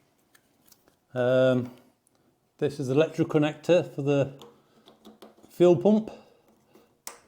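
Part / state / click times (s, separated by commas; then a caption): fuel pump electrical connector into its mating plug on the tank / seated / 7.1 s. Someone talks while a plastic electrical connector for the fuel pump on a Royal Enfield Himalayan is pushed onto its mating plug on the tank. A few faint ticks sound under the speech, then a sharp click at 7.1 s as the connector seats.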